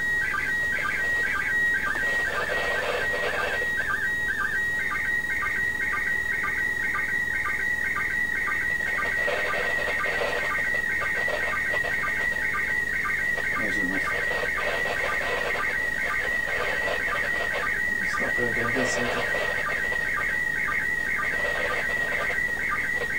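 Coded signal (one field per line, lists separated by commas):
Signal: SSTV (slow-scan television)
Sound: warbling, buzzy tones around two kilohertz, repeating rhythmically about twice a second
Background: background noise, faint room sounds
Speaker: So we're probably going to get 2 pictures out of this.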